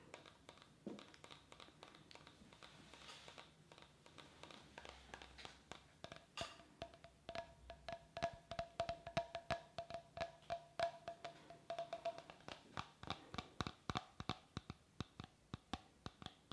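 Tapping starts sparse and irregular, then from about six seconds becomes a dense, fast run of sharp clicks alongside a faint steady tone.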